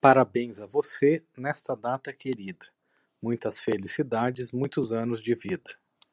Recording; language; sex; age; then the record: short text; Brazilian Portuguese; male; 40 to 49 years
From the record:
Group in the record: control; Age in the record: 45 years